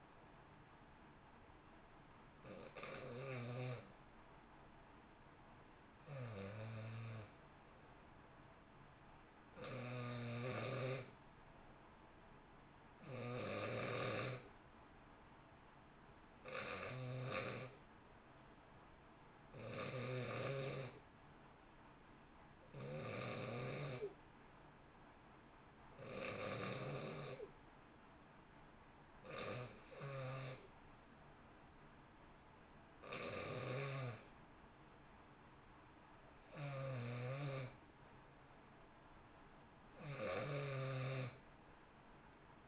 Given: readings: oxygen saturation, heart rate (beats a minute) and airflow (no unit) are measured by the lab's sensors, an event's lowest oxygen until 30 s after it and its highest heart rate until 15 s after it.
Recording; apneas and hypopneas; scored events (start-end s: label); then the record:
breathing in sleep by a voice recorder at the bedside; 1
2.00-42.67 s: new sleep stage, N2 (light sleep)
3.00-31.70 s: hypopnea (N2, oxygen 94% highest, then 90% lowest, heart rate 59 at the start, 64 highest)
From the record:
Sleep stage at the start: N1 (lightest sleep); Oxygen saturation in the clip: 90 to 94%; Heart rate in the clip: 58 to 64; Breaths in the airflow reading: 12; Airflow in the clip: -1.0 to 1.4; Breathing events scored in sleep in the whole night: 328 in 6.3 hours asleep